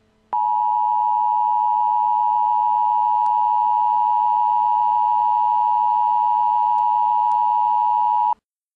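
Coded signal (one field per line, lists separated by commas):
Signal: Emergency Alert System (SAME) tones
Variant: 853 and 960 Hz attention tone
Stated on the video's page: Real EAS activations during the St. Louis tornado, presented as a timeline.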